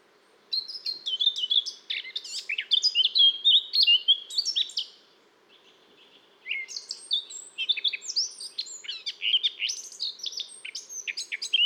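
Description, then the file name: Eurasian blackcap delivering two long, busy warbling phrases of rapid chattering and whistled notes, separated by a short quiet break. "Sylvia atricapilla"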